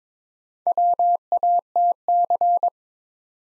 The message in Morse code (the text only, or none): WATC